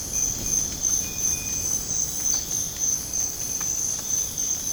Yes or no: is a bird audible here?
no